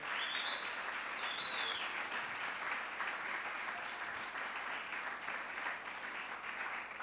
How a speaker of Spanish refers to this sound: Dele un aplauso a este Dios grande, por favor.